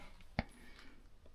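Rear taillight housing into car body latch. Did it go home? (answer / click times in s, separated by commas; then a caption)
yes / 0.4 s. A smoked rear LED taillight housing on a Suzuki Swift ZC13S is pushed back into the car body by hand until its plastic latch engages. A single sharp snap at 0.4 s stands out over low background noise. The housing is seated with the latch caught.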